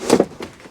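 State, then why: Seated. The internal pleated windscreen blind of a 2023 Mobilvetta K-Yacht 86 Tekno Line A-class motorhome has its two slider handles squeezed together and is pushed back up until it latches into the top of the cab blind frame. A sharp click lands at about 0.1 s, followed by a quick second knock, and a fainter tap comes near 0.4 s. The blind is seated home at the top of the windscreen.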